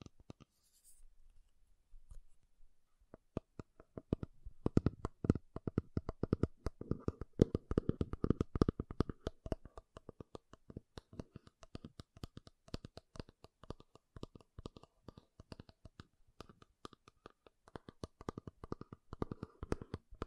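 Rapid tapping and scratching on makeup containers, a dense run of crisp clicks and taps that starts after a quiet opening of about three seconds. The taps come fast and uneven, loudest around five to nine seconds, then continue slightly softer to the end.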